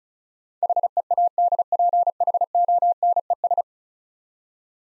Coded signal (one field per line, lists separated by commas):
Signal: Morse code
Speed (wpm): 36 wpm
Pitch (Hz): 700 Hz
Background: none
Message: HEADPHONES